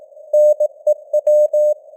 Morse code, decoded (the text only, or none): NEW